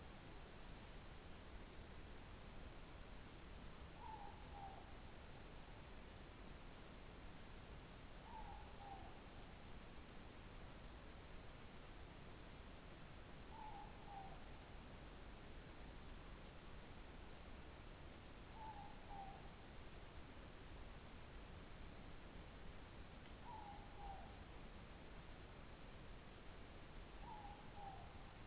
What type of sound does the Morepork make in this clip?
more-pork call